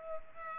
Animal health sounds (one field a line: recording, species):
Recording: mosquito wingbeat signal from an infrared sensor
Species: Culex pipiens